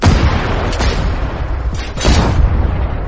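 Gunshot sound effects: heavy, booming blasts with a few sharp, crackling bursts over a dense, rumbling low roar that stays loud throughout, with no voices.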